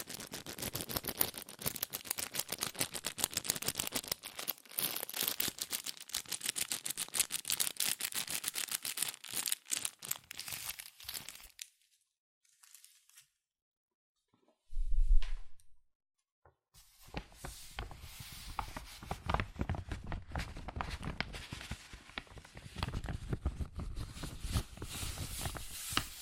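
Fast tapping, scratching and tracing on cardboard and paper, a dense run of crisp, bright little strikes and rubs for about eleven seconds. A pause follows, broken near fifteen seconds by a short low thump. The rapid scratching then resumes until the end.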